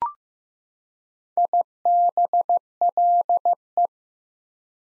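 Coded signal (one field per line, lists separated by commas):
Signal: Morse code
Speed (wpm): 15 wpm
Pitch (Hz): 700 Hz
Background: none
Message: IBLE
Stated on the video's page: Morse head-copy drill of prefixes and suffixes at 15 wpm, each sent, spoken, then sent again.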